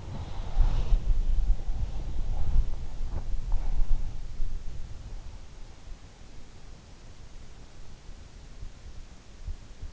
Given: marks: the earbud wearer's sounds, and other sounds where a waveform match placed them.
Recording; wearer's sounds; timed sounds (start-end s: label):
sounds in sleep by an in-ear microphone; body movement
0.00-4.69 s: body movement